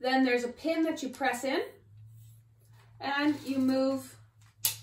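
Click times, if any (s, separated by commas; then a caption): 4.7 s. Someone talks while loosening the lock ring, pressing in the spring pin and sliding the lower tube of an adjustable walking cane down. After a quiet pause, a sharp snap at 4.6 s marks the spring pin seating into the next height adjustment hole of the upper tube.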